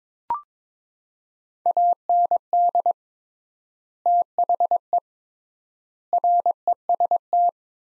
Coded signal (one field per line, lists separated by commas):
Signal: Morse code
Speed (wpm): 22 wpm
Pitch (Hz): 700 Hz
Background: none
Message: AND THE REST